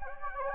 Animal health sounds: mosquito wingbeat signal from an infrared sensor; Anopheles gambiae

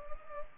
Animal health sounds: mosquito wingbeat signal from an infrared sensor; Culex pipiens

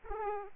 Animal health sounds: mosquito wingbeat signal from an infrared sensor; Aedes aegypti

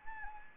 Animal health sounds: mosquito wingbeat signal from an infrared sensor; Anopheles arabiensis

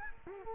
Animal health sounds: mosquito wingbeat signal from an infrared sensor; Culex quinquefasciatus

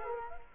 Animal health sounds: mosquito wingbeat signal from an infrared sensor; Culex quinquefasciatus

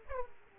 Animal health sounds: mosquito wingbeat signal from an infrared sensor; Aedes aegypti

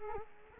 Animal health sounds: mosquito wingbeat signal from an infrared sensor; Culex quinquefasciatus

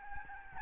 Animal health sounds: mosquito wingbeat signal from an infrared sensor; Aedes albopictus

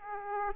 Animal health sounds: mosquito wingbeat signal from an infrared sensor; Aedes aegypti

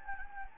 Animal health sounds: mosquito wingbeat signal from an infrared sensor; Anopheles gambiae

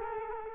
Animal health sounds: mosquito wingbeat signal from an infrared sensor; Culex quinquefasciatus

